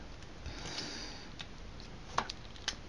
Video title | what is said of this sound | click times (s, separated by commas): ElekTr1C Review 31 - Animated Sons of Cybertron Rodimus | So I'll just push it in and it will lock into place. | 2.2 s, 2.7 s